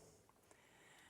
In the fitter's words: so if you they lock into place